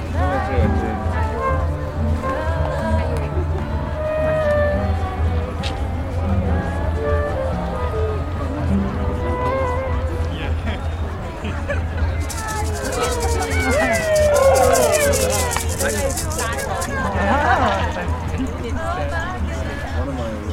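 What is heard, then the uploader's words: Crowd chatter at the Stonehenge solstice, many overlapping voices over a steady low hum, with a brighter hiss and louder talk after twelve seconds. Stonehenge Solstice 2023 - a Neolithic Soundscape. This summer solstice I headed to Stonehenge to capture the mood of the place.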